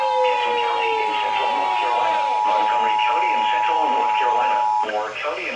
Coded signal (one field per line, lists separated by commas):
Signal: Emergency Alert System (SAME) tones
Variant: 853 and 960 Hz attention tone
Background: speech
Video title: EAS Alerts From 1/9/2024: A Compilation (EAS 9-29)